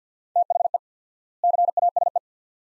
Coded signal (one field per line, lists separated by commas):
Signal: Morse code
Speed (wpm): 50 wpm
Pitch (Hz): 700 Hz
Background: none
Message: THE CASE